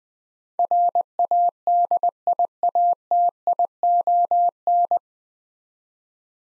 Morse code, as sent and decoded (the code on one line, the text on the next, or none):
.-. .- -.. .. .- - .. --- -.
RADIATION